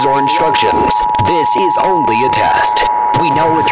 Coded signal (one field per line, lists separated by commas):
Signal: Emergency Alert System (SAME) tones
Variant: 853 and 960 Hz attention tone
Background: speech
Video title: Emergency Alert System